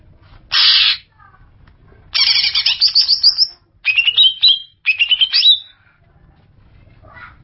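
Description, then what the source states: Greater green leafbird song with a short harsh burst, then a scratchy chatter and several sweet slurred whistles rising and falling. Singing of a bird described as a champion songbird.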